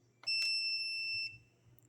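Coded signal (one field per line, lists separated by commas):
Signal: beep code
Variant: drive cloning dock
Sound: two clicks, then one steady high beep about one second long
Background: low hum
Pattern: 1 long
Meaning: Clone process started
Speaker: once I press it start then I guess it will give me one more beat so let's do it let me press start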